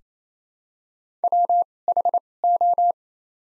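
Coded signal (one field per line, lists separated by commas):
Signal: Morse code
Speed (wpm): 28 wpm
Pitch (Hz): 700 Hz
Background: none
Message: WHO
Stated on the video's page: Top 100 words practice at 28 wpm with doubled character spacing (Farnsworth timing).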